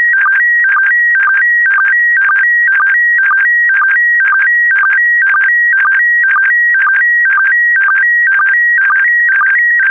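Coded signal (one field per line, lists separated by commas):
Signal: SSTV (slow-scan television)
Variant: PD120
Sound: steady repeating warble of flat tones, clipped by short low chirps several times a second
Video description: When ready, un-pause this video and start to decode * this is a 2 minutes test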